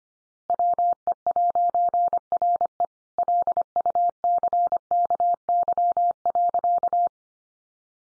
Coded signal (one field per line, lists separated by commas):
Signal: Morse code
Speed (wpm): 25 wpm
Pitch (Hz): 700 Hz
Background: none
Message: WE'RE LUCKY.